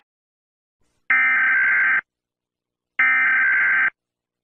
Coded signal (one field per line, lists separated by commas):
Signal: Emergency Alert System (SAME) tones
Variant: header bursts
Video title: Mr incredible becoming uncanny EAS alarms (read desc)